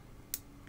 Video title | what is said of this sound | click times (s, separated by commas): Candy cane chainmaille bracelet - Originally twitch broadcast 16 August 2015 | you hear the click, that's normal. That's just the ring, the two ends of the rings just clicking past each other. | 0.3 s